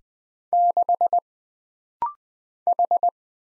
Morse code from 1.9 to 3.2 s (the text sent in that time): H